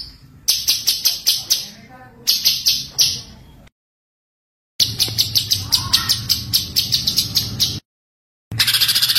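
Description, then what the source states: White-eye song: very high, sharp notes repeated rapidly in bursts, broken by abrupt silent gaps. Masteran tutor recording of white-eye song, gacor (continuous singing), full tembakan.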